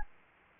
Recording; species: mosquito wingbeat signal from an infrared sensor; Anopheles gambiae